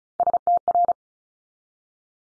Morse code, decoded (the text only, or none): STR